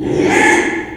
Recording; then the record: squeal of a Yucatan mini pig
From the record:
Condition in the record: after surgery on the right vocal fold (resection and tissue-engineered implant); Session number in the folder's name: 4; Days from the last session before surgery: 42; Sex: male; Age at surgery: 12 weeks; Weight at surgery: 13 kg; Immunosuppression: cyclosporine, prednisolone